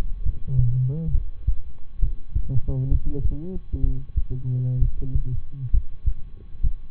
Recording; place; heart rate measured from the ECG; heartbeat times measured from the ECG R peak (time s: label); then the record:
heart sounds by stethoscope; between the tricuspid and mitral areas; 66 bpm
0.22 s: heartbeat
1.11 s: heartbeat
1.99 s: heartbeat
2.88 s: heartbeat
3.80 s: heartbeat
4.78 s: heartbeat
5.70 s: heartbeat
6.59 s: heartbeat
From the record:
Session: rest, lying down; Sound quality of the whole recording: good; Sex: male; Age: 23 years